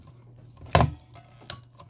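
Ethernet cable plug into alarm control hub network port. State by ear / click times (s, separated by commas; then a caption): seated / 0.8 s. A plastic Ethernet (RJ45) plug is pushed into the network port of a Hikvision AX Pro house alarm hub. It gives a sharp click at 0.8 s, followed by a fainter tick at 1.5 s. The plug is seated in the port.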